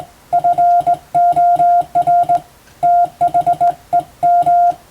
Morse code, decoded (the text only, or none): FOR THEM